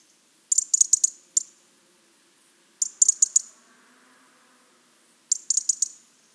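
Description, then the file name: European robin call series, three quick bursts of rapid, dry, high-pitched ticks separated by short pauses, with no other notable sounds. "Erithacus rubecula"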